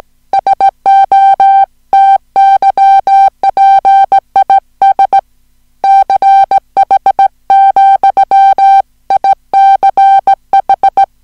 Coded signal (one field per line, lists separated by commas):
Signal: Morse code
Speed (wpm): 17 wpm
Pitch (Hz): 780 Hz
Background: music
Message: SO TYPISCH, ICH